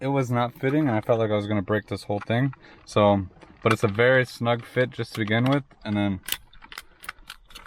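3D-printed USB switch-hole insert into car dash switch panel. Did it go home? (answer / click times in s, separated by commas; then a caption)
yes / 7.1 s. A 3D-printed USB switch-hole insert, with one of its top tabs cut off because the fit is very snug, is pressed into the switch opening of a car's plastic dash panel. Someone talks through most of the clip. Then a quick series of ratchet-like plastic clicks follows from about 6.7 s, and the insert snaps into place at 7.1 s.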